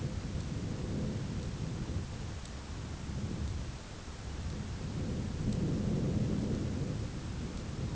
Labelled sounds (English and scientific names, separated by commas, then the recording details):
none
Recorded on Arctic tundra, site ZACK-1, on 11 June 2019
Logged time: 01:49